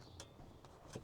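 A plastic tablet holder mount is fitted onto a car's headrest posts, and its headrest mount clamp locks in with a sharp click at 0.2 s. A softer tick follows at 0.6 s over a low background hum. The mount is seated.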